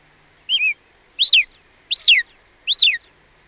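Golden eagle giving a run of four high, arched yelps, each bending up then sliding down, spaced roughly three-quarters of a second apart against a quiet background.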